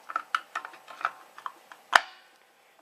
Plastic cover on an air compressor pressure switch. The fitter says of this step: hear that click on there now i can't hardly get it off